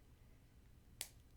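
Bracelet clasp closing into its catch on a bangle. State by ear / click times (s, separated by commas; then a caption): seated / 1.0 s. The clasp of a 14 karat yellow gold bangle set with graduated oval gemstones is closed into its catch on a wrist. A single sharp, bright snap sounds at 1.0 s over a low, steady background hum. The clasp is shut, and the bangle is on and secure.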